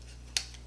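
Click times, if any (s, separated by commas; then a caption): 0.4 s. A small blade insert is removed from the plastic spiralizing attachment of a food processor and pops out with one sharp, bright snap at 0.4 s, over a steady low hum. The insert comes free and is released from the attachment.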